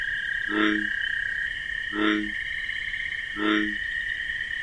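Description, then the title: Bullfrog croaking: low, rich, resonant croaks about every one and a half seconds, over a continuous high steady insect drone. Bullfrog's deep 'jug-o-rum' call at night in wetlands, amid a chorus of crickets. "Bullfrog Sound. The Wondrous Wetlands"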